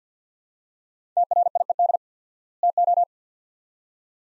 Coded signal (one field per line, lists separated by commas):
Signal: Morse code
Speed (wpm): 50 wpm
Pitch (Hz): 700 Hz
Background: none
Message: TRIED TO